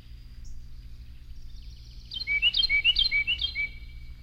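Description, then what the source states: Carolina Wren song: after a quiet start, a rhythmic run of several quick, repeated phrases. One of the Carolina wren's song variations.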